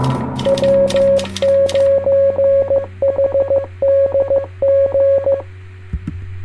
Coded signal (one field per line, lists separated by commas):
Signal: Morse code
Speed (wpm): 16 wpm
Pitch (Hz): 550 Hz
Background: none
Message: W9HDG